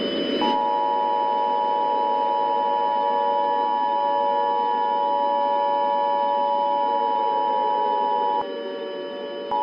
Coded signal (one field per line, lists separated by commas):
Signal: Emergency Alert System (SAME) tones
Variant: 853 and 960 Hz attention tone